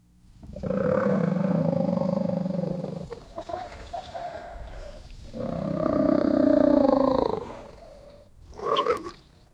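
Wolf growling: two long, rough, harmonic growls of about two to three seconds each, followed by a short, sharper snarl near the end.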